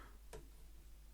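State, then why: Not seated. The head of a plastic Transformers The Movie Studio Series 86-01 Jazz transforming robot figure is being handled and pushed toward its ball joint in the neck. A single short, sharp tick is heard at 0.3 s against a quiet background. The head has not clicked into place yet, and nothing has seated.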